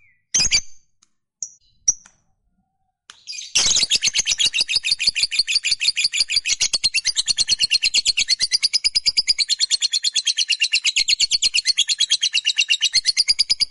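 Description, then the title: Lovebird making a few brief sharp chirps, then launching into a sustained rapid high chatter of regular pulses lasting around ten seconds. Fighter-type lovebird giving long chattering (ngekek panjang). "Suara Lovebird FIGHTER NGEKEK PANJANG"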